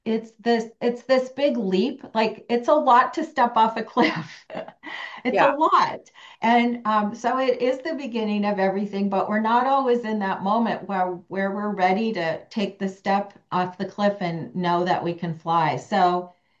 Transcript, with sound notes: it's this big leap. Like, it's a lot to step off a cliff. (laughs)
Yeah.
It's a lot. And, um, so it is the beginning of everything, but we're not always in that moment where, where we're ready to take the step off the cliff and know that we can fly.